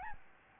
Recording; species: mosquito wingbeat signal from an infrared sensor; Aedes albopictus